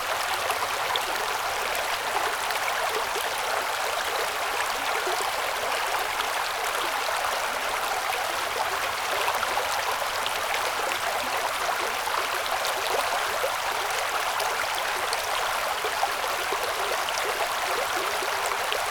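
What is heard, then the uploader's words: A creek flows downhill at night, a steady, dense rush of water that holds the same level for the whole stretch. The sound sits in the bright, hissy range with little low rumble, full of fine splashes and trickles. Midnight Creek Flowing Downhill.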